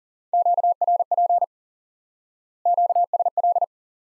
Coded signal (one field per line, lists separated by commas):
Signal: Morse code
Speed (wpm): 37 wpm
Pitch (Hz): 700 Hz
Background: none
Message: QRP QSL